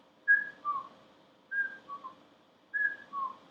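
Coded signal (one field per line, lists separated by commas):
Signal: whistled language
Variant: invented, Mazatec-inspired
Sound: a whistled two-note phrase, high then lower, repeated three times with pauses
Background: small room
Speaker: la palabra que creamos con 3 así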